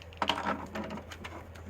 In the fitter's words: make sure that your that everything is kind of facing the right way and you'll hear on the click